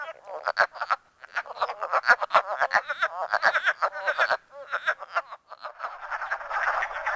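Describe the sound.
Wood frog chorus of rapid, raspy, duck-like clucks from several frogs overlapping, with short gaps before the chattering resumes and grows denser at the end.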